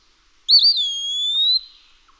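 Eastern wood-pewee giving one sweet, slurred whistle that wavers at the start and then stretches out, rising gently toward its end.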